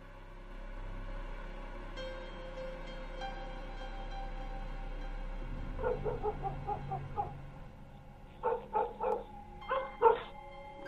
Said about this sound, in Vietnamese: Có tiếng chó cắn ma nhấm nhẳng vang lên trong đêm.